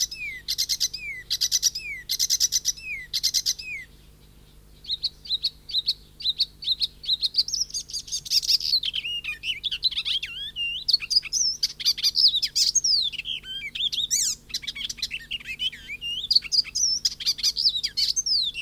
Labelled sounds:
Icterine Warbler (Hippolais icterina) song
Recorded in the wild
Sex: male
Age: adult
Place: Forchheim, Bayern, DE
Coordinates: 49.6736, 11.0792
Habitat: grove
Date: 1964-05-30
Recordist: Tretzel, Erwin
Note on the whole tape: Kersbach (Wäldchen an der Straße): Männchen: Gesang

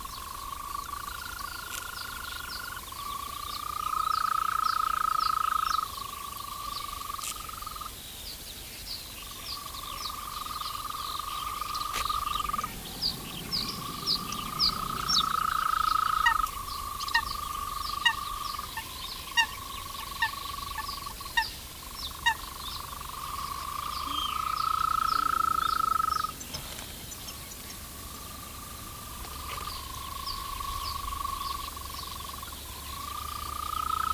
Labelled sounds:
Green Toad (Bufo viridis) call
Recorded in the wild
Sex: male
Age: adult
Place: Arkenberge, Berlin, DE
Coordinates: 52.6378, 13.4131
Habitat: cravel pit
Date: 1983-04-30 18:12
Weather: sunny, 17 °C
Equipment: Nagra SN, Kopie Uher 4000 Report Monitor
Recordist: Tembrock, Günter

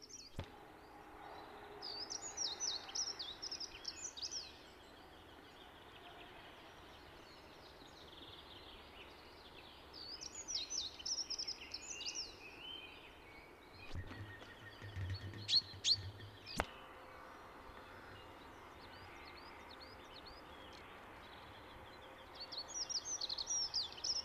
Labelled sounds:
Dunnock (Prunella modularis) song
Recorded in the wild
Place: Garmisch-Partenkirchen, Bayern, DE
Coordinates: 47.4917, 11.0956
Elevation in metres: 704
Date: 1973-04-28
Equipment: Nagra
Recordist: Tretzel, Erwin

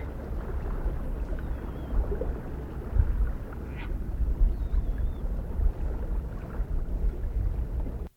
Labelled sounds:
Common Gull (Larus canus) call, Black-headed Gull (Chroicocephalus ridibundus) call
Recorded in the wild
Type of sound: call
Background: Chroicocephalus ridibundus
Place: Zicker, Insel Rügen, Mecklenburg-Vorpommern, DE
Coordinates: 54.25, 13.41
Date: 1970-08-30
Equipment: Nagra III BH, Sennheiser MD 21, parabola
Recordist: Schubert, Michael
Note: Bei Zicker / Zudar: Lachm. u. Sturmmöwen, tiefe "Intimlaute", sehr leise. Im Club beim Putzen und Baden, Hintergrd. Seeschw. (29. 8. - 2. 9. 1970)

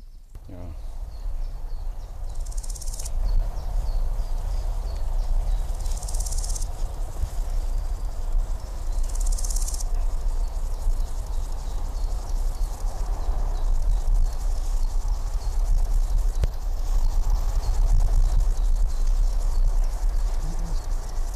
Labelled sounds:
Large Gold Grasshopper (Chrysochraon dispar) stridulation
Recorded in the wild
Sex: male
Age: adult
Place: Mühlenbecker Land, OT Buchhorst, Naturpark Barnim, Brandenburg, DE
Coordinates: 52.6733, 13.3925
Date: 1991-07-06 11:25
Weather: sunny, 27°C
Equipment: Marantz, Sennheiser ME 80, Kopie Tesla B 116
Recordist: Tembrock, Günter
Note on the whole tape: Fließ-Teiche bei Mühlenbeck: Stridulation mehrerer Ex

